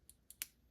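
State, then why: Seated. The elevation dial on a Leupold VX3 CDS ZL rifle scope is turned back to zero, giving two faint, bright clicks at 0.1 s and 0.3 s. A louder, sharp metallic click follows at 0.4 s as the metal zero-lock button on the elevation turret engages, so the dial cannot be turned past zero. The zero lock is confirmed seated.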